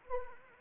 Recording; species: mosquito wingbeat signal from an infrared sensor; Anopheles arabiensis